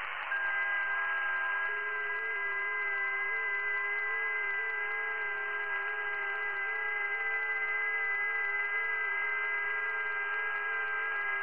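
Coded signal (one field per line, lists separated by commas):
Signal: FT8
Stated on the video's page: FT8 contact on the 12 meter shortwave band using a Yaesu radio.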